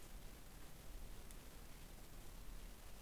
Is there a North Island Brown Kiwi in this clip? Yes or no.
no